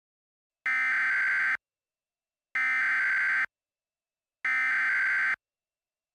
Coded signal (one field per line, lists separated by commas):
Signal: Emergency Alert System (SAME) tones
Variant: header bursts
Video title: Tornadic Train Wreck | EAS Mock #26